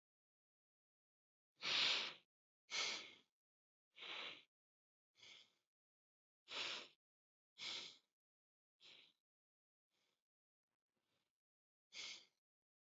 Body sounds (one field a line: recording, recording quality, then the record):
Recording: shallow breathing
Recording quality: excellent, no background noise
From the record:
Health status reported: healthy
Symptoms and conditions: none ticked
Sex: male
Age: 34 years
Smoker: not ticked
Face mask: not worn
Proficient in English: yes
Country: India